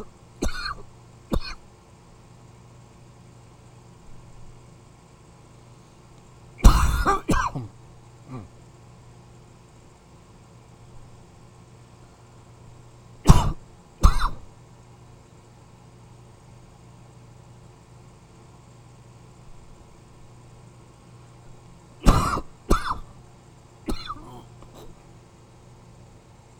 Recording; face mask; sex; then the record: voluntary coughing; none; male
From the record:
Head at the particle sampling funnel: facing it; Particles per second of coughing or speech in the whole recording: 56.7